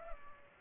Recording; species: mosquito wingbeat signal from an infrared sensor; Culex pipiens